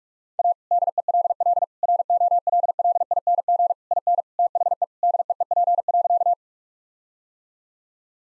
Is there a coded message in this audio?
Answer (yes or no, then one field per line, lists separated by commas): yes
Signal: Morse code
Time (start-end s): 0.4-6.3 s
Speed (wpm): 46 wpm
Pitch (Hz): 700 Hz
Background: none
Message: A DELL ROLLING IN THE DEEP.